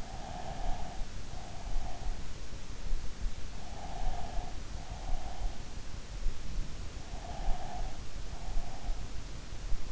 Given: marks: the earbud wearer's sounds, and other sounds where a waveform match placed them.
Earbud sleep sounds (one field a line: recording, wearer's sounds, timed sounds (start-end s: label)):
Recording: sounds in sleep by an in-ear microphone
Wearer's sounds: breath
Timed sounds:
0.00-2.25 s: breath
3.61-5.87 s: breath
6.99-8.92 s: breath